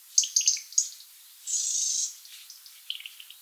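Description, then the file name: European robin song, a few sharp high notes followed by a longer dense buzzy trill, then softer twittering notes. "Erithacus rubecula"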